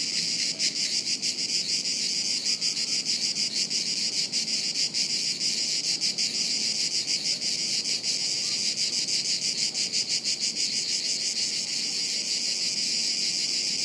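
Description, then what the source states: Many cicadas in a steady high-pitched buzzing chorus, rapid flickering pulses running throughout with slight variations in intensity. Chorus of cicadas high in the trees, woods near Sirolo, Italy, hot afternoon, August 23.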